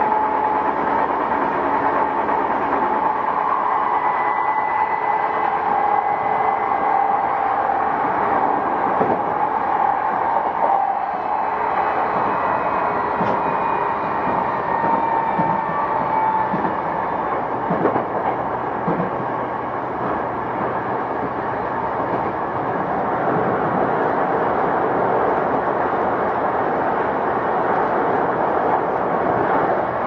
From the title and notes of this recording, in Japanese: 東京メトロ05系（ワイドドア車） 中野〜西船橋。快速運用を録音しました。今回はICレコーダー（Panasonic PR–XS460）を使いました。